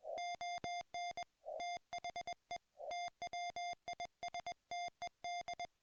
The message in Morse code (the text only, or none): ON THE TWISTED